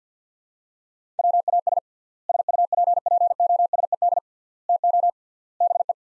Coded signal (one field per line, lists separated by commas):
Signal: Morse code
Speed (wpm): 50 wpm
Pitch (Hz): 700 Hz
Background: none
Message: WAS SUPPOSED TO BE